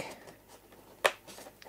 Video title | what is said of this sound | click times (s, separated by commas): FREEWING MIG 21 BUILD OVERVIEW | until you hear a click | 1.1 s